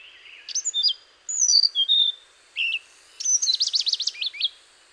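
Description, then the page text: Hainan blue flycatcher song: sweet high whistled phrases with quick slurred notes, separated by short pauses, ending in a faster jumbled run of notes. "Antero Lindholm - Хайнаньская голубая мухоловка-циорнис (Cyornis hainanus)"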